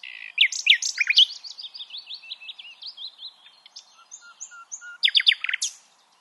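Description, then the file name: Common nightingale song, a run of loud rapid chirps and sweeping notes, then soft pure whistles and a final burst of fast repeated notes. "Luscinia megarhynchos"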